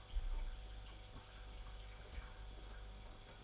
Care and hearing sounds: daily activity, microphone in the room; make coffee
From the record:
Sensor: 5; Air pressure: 991.9 hPa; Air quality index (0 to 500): 165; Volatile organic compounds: 384 ppm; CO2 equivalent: 4644 ppm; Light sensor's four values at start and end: 32/108/40/43 and 32/108/40/43

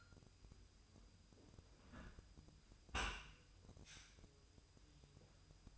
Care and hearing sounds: daily activity, microphone in the room; close dishwasher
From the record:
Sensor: 2

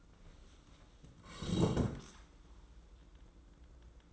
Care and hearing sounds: daily activity, microphone in the room; sit down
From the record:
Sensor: 3

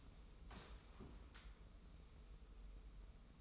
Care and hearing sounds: daily activity, microphone in the room; sit down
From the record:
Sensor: 1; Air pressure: 994.4 hPa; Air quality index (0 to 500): 221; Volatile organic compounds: 1000 ppm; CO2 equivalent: 7928 ppm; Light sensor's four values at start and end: 122/276/124/135 and 124/281/126/137

